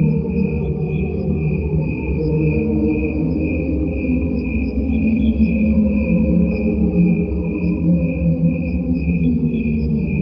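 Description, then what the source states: Crickets slowed electronically, a sustained high tone above shifting, hollow low tones, with constant low pulsing. Crickets slowed down electronically, heard together with crickets at normal speed; the slowed crickets sound like angels underwater.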